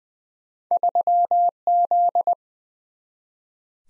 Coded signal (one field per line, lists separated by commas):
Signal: Morse code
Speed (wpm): 20 wpm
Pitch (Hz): 700 Hz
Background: none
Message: 3Z